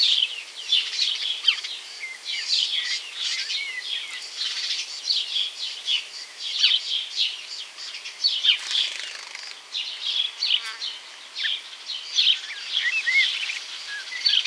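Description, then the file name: House sparrow chatter: a continuous stream of sharp chirps and short trills. "Passer domesticus"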